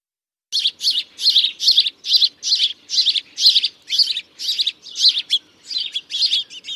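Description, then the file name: House sparrow giving a long run of loud, buzzy chirps, about two every second, continuing throughout after a short silent start. "Passer domesticus"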